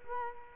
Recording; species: mosquito wingbeat signal from an infrared sensor; Culex quinquefasciatus